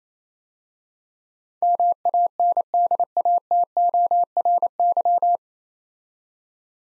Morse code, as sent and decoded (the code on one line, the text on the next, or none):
-- .- -. -.. .- - --- .-. -.--
MANDATORY